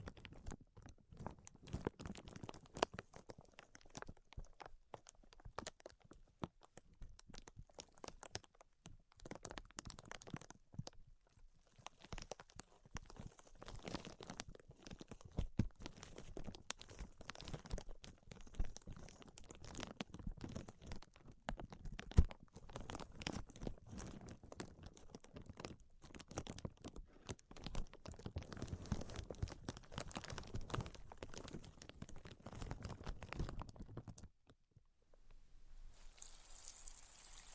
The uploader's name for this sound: Tapping, Scratching, and Tracing Sounds